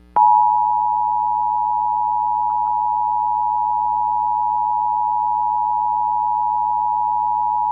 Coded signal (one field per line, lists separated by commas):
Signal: Emergency Alert System (SAME) tones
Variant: 853 and 960 Hz attention tone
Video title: EAS Mini-Scenario | National Hazard Warning